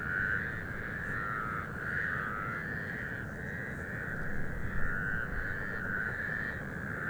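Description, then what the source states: Mongolian toad chorus: many overlapping high trills merging into a steady, wavering drone, with a low rumbling background throughout. Chorus of Mongolian toads recorded 11 April 2026 at 19:40 in Sha Cheng Wetlands, Hebei.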